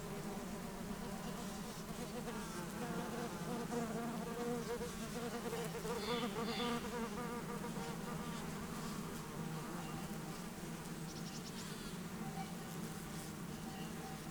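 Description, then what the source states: Bumblebees buzzing in a constant low hum. Bumblebees and other pollinators flying flower to flower for nectar, warm morning after overnight cloud cover, 6500-foot meadow at south end of Taylor Lake, Russian Wilderness, Klamath National Forest, Siskiyou County, California.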